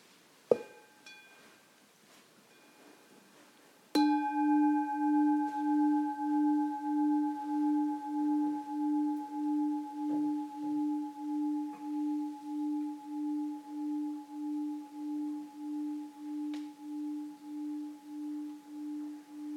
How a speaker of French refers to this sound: On va peut-être donner un petit son de cloche.